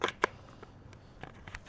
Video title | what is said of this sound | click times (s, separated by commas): ZixDeNex Cordless Pressure Washer First Impressions | So you just twist it and lock it into place, | 0.2 s